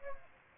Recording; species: mosquito wingbeat signal from an infrared sensor; Aedes aegypti